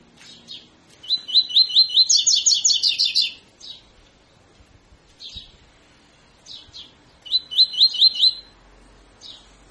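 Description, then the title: Double-collared seedeater song: a fast run of sweet, rising notes that shifts into a higher buzzy trill, then a shorter second phrase of the rising notes only, with soft chips between phrases. Tutor song in the 'tui tui' style, used for training birds to sing. "COLEIRO TUI TUI FIBRA CANTO PROFESSOR"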